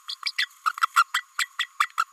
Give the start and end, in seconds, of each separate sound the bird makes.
0.08-0.15, 0.25-0.32, 0.38-0.48, 0.66-0.72, 0.96-1.04, 1.14-1.23, 1.38-1.48, 1.59-1.66, 1.79-1.90, 1.98-2.04